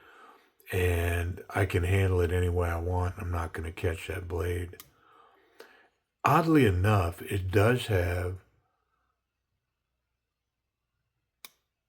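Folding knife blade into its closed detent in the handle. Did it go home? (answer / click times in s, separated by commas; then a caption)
yes / 11.5 s. Someone talks, then the steel blade of a WE Knife 704cf folding knife is closed into its handle and drops into the closed-position detent with a sharp click at 11.5 s. The blade snaps fully into its closed detent.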